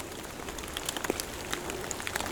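A light dusting of melting snow dripping from fir branches in a forest, not rain: an irregular patter of light, crisp drops over a soft steady hiss, with a few sharper taps standing out. No voices.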